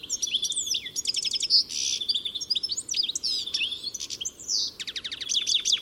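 Birds giving rapid high chirps, buzzy notes and quick repeated clicks, the calls overlapping in a lively jumble.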